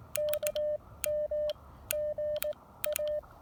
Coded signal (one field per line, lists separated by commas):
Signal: Morse code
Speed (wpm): 18 wpm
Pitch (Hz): 590 Hz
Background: none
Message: K M G A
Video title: POTA Field Report: Putting my new-to-me Icom IC-703 Plus on the air